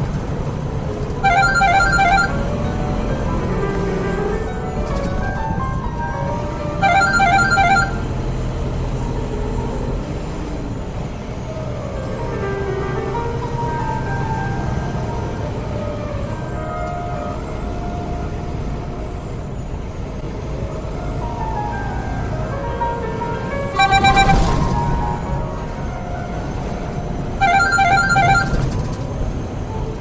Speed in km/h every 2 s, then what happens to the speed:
68, 68, 66, 66, 63, 63, 66, 68, 69, 69, 71, 71, 71, 71, 71.
0-10 steady at about 66. 10-19 speeds up to 71. 19-30 steady at about 71.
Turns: none.